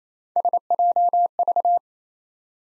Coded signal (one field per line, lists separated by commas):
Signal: Morse code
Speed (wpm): 28 wpm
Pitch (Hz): 700 Hz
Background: none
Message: SJV